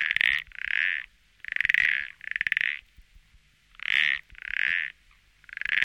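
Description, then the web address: Frog calling with loud, raspy croaks in pairs of pulsed bursts, about every two seconds. "rane rana frog"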